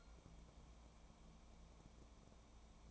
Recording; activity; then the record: daily activity, microphone in the room; take from stove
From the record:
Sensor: 1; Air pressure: 1000.0 hPa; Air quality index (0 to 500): 135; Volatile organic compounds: 2 ppm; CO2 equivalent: 1278 ppm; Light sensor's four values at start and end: 45/113/48/60 and 44/113/47/59